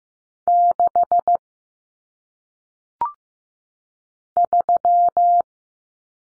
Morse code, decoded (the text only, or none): 6 3